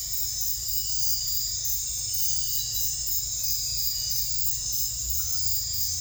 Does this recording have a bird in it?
no